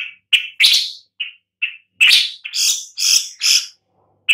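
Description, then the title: Long-tailed shrike calling with a few short, thin notes mixed with loud grating, scratchy calls, uneven in timing. "Lanius Schach Sun"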